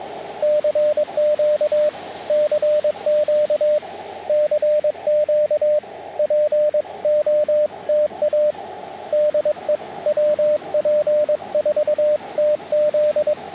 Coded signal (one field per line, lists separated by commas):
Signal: Morse code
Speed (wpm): 22 wpm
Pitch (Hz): 600 Hz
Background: radio noise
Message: CQ CQ CQ POTA DE WP4TZ